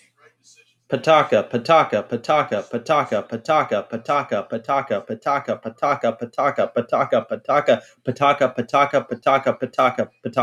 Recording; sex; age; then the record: repeated syllables /pa ta ka/; male; 20 to 29 years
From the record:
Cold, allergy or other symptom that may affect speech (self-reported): no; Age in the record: 29 years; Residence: Indiana, United States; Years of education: 13